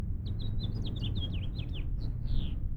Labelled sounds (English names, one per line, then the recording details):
House Finch song
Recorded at Woodmere on Long Island, New York, on 11 June 1975
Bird E